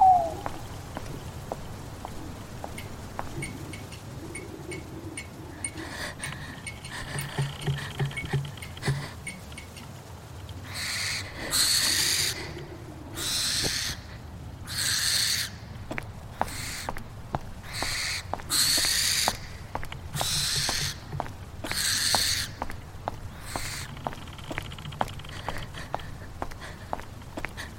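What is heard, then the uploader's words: Eerie night ambience with low murmuring voice-like tones, then from about eleven seconds bursts of bright hiss and sharp clicking flicker. Horror night ambience. Light flickering again with haunted voices.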